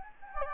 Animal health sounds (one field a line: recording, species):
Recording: mosquito wingbeat signal from an infrared sensor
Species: Anopheles gambiae